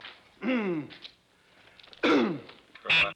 Man Clearing Throat and Coughing.